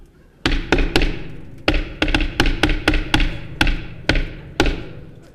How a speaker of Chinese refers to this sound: 你干嘛呢？ 敲门。 您敲门，您不说叫门吗？